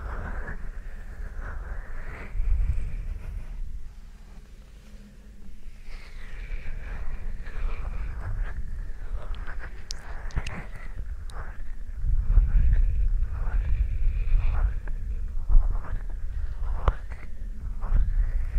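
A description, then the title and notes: Dry ear massage: hands rub and press in slow strokes, giving deep muffled rumbles that swell around 2 to 5 seconds and again from 12 seconds on. A soft, rhythmic brushing repeats roughly every second, with occasional light taps. Dry ear massage.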